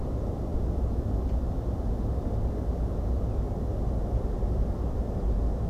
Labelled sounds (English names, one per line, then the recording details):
Common Redshank
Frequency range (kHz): Common Redshank 2.2-2.8 kHz
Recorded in France